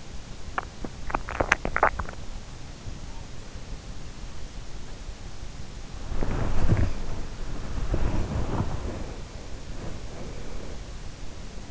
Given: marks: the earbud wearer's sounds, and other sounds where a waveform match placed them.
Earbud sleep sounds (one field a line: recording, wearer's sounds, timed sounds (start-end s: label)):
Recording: sounds in sleep by an in-ear microphone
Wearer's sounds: swallowing, body movement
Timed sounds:
0.00-2.34 s: swallowing
5.76-11.71 s: body movement